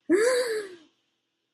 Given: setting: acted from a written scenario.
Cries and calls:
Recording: vocal sound without words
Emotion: distress

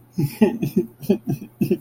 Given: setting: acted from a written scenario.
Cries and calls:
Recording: vocal sound without words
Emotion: guilt

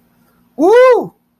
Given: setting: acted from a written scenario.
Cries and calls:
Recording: vocal sound without words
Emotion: elation

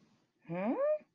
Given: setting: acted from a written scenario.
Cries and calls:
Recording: vocal sound without words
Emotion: confusion

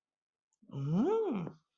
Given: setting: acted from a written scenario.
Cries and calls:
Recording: vocal sound without words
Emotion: disgust

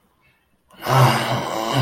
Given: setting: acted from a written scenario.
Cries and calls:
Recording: vocal sound without words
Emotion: shame

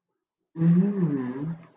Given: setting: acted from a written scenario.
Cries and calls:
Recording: vocal sound without words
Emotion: romantic love

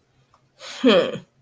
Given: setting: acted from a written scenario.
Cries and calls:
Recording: vocal sound without words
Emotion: contempt

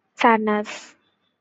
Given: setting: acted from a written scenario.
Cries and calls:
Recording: vocal sound without words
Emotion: sadness

